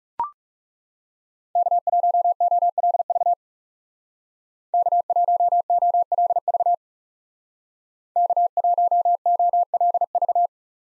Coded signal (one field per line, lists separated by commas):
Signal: Morse code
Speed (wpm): 37 wpm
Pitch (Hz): 700 Hz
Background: none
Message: K1OLV K1OLV K1OLV